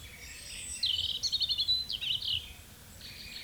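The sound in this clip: European robin sings a thin, high warbled phrase of quick wavering notes, with faint bird sounds behind.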